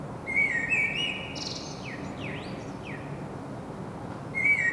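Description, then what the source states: Common blackbird song: a fluted warble, then high squeaky notes and a few quick downslurred whistles, followed by the start of another phrase, over steady low hum. Singing, recorded in Saint-Gilles, Belgium, with a Sony PCM-M10 internal microphone.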